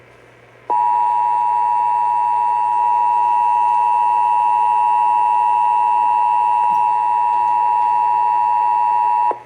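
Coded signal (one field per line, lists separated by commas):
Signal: Emergency Alert System (SAME) tones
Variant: 853 and 960 Hz attention tone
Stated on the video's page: AMBER Alert child abduction emergency relayed on WBAP-AM.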